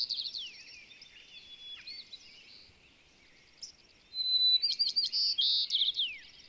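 Bird giving quiet varied twittering, then a thin whistle leading into a loud run of rapid, sharp notes.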